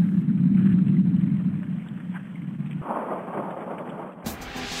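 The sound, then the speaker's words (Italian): Earthquake tremors on the San Andreas fault in California, set moving by the Japanese earthquake about 6,000 km away, rendered as sound: a loud, deep rumbling roar that thins into a hissing, crackling wash, then ends in a sudden bright burst of noise. No voices. “Ascoltate per esempio quale effetto il terremoto giapponese ha proiettato in California, 6.000 km di distanza, dove la faglia di Sant'Andrea si mise in moto per propagazione del sisma.”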